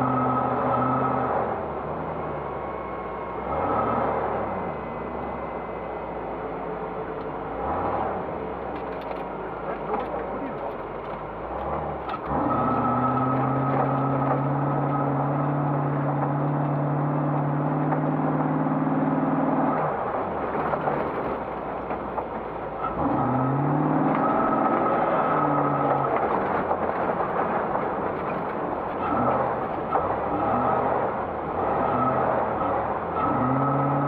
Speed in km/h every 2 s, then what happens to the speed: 32, 31, 22, 14, 12, 20, 25, 28, 35, 37, 27, 50, 50, 32, 29, 29, 29.
2-9 slows to 12. 9-17 speeds up to 37. 17-20 slows to 27. 20-23 speeds up to 50. 24-27 brakes to 29. 27-34 steady at about 29.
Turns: 22-30.